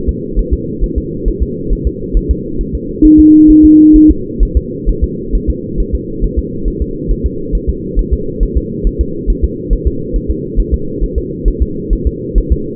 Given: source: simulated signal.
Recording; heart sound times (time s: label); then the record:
fetal heart sounds
0.09 s: S2
0.39 s: S1
0.53 s: S2
0.84 s: S1
0.98 s: S2
1.28 s: S1
1.43 s: S2
1.73 s: S1
1.87 s: S2
2.17 s: S1
2.31 s: S2
2.61 s: S1
2.75 s: S2
3.05 s: S1
3.20 s: S2
3.50 s: S1
3.65 s: S2
3.96 s: S1
4.11 s: S2
4.43 s: S1
4.57 s: S2
4.89 s: S1
5.04 s: S2
5.35 s: S1
5.50 s: S2
5.80 s: S1
5.95 s: S2
6.24 s: S1
6.39 s: S2
6.68 s: S1
6.82 s: S2
7.11 s: S1
7.26 s: S2
7.55 s: S1
7.70 s: S2
7.99 s: S1
8.13 s: S2
8.43 s: S1
8.58 s: S2
8.87 s: S1
9.01 s: S2
9.30 s: S1
9.45 s: S2
9.73 s: S1
9.88 s: S2
10.16 s: S1
10.31 s: S2
10.59 s: S1
10.74 s: S2
11.03 s: S1
11.18 s: S2
11.48 s: S1
11.62 s: S2
11.93 s: S1
12.07 s: S2
12.38 s: S1
12.52 s: S2
From the record:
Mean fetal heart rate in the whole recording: 135 bpm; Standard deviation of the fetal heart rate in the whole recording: 3 bpm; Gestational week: 36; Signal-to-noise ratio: -6.6 dB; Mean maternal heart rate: 72 bpm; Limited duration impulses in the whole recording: present